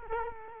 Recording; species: mosquito wingbeat signal from an infrared sensor; Culex quinquefasciatus